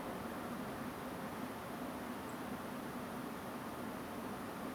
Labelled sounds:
Song Thrush
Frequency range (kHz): Song Thrush 7.3-9.2 kHz
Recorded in France

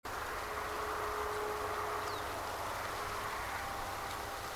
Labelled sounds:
Ortolan Bunting
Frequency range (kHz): Ortolan Bunting 3.2-5.9 kHz
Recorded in France

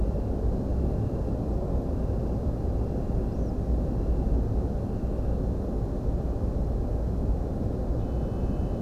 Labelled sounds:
European Pied Flycatcher
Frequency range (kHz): European Pied Flycatcher 4.7-6.9 kHz
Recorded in France

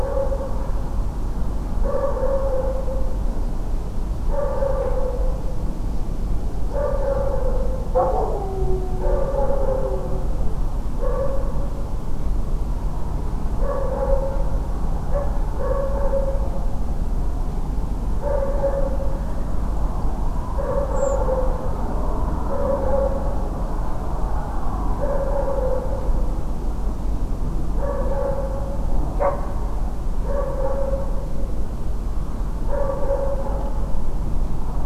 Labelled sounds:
Redwing
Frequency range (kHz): Redwing 6.7-8.0 kHz
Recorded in France

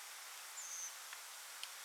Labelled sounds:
Redwing
unidentified sound
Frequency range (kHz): Redwing 5.8-7.9 kHz
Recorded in France

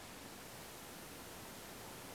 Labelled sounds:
none
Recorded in France

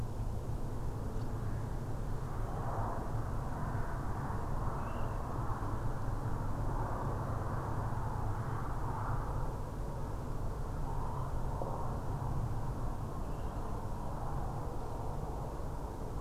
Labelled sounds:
Water Rail
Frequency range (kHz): Water Rail 2.4-3.4 kHz
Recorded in France

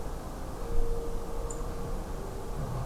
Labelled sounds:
Song Thrush
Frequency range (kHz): Song Thrush 6.7-9.6 kHz
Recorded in France

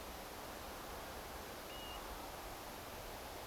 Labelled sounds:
European Golden Plover
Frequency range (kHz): European Golden Plover 2.2-3.1 kHz
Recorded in France

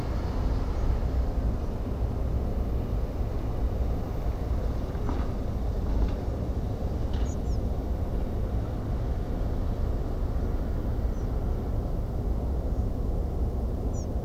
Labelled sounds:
Spotted Flycatcher
European Pied Flycatcher
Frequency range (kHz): Spotted Flycatcher 5.1-7.7 kHz; European Pied Flycatcher 4.4-7.9 kHz
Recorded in France

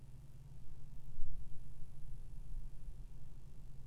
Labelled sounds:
none
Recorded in France

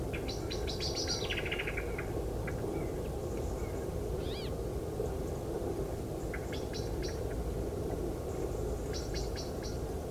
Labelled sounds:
Common Blackbird
Brambling
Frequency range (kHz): Common Blackbird 1.1-6.1 kHz; Brambling 1.4-5.0 kHz
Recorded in France

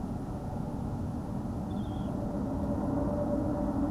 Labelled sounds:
Dunlin
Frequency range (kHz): Dunlin 2.4-3.7 kHz
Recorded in France

